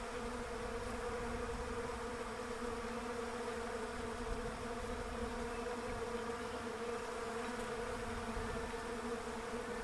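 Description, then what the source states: Bees buzzing in a dense, steady low drone that holds an even hum throughout with no breaks. Bees in a Russian olive tree.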